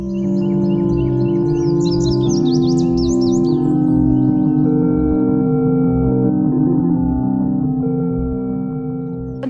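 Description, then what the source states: House sparrow chirps in a quick, jumbled burst over the first few seconds, set against a loud, steady humming drone that lasts throughout. Sparrow that flew over from a bush during the recording; house sparrows breed close by.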